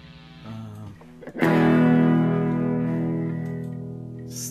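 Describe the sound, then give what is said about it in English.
An electric guitar with heavy distortion plays a few quiet notes, then a loud, thick, buzzing chord that rings out and slowly fades over several seconds. “I had a bunch of distortion on.”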